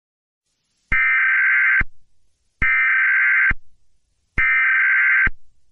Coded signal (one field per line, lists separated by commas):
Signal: Emergency Alert System (SAME) tones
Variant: header bursts